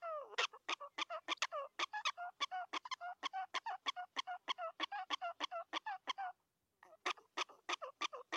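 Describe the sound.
Prairie dog barking calls, rapid harsh chirps several per second in a long run, a short gap, then the barking resumes.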